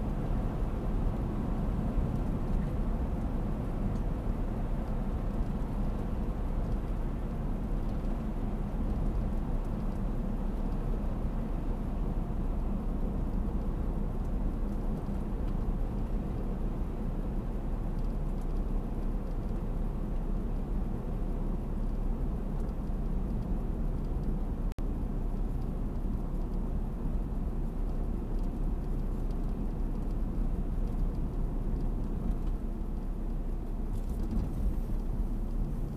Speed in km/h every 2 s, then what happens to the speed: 70, 68, 65, 65, 62, 58, 58, 57, 54, 53, 51, 50, 48, 47, 45, 44, 43, 43.
0-19 slows to 51. 19-36 steady at about 45.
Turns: none.